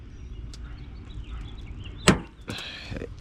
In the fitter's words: you so you heard it pop so now now I can go ahead and get my tool underneath it